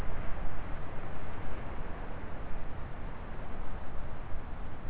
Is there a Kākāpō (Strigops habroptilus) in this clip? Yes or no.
no